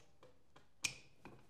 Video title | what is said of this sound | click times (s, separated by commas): Another day at the rebuilt ￼ | hear that click | 0.9 s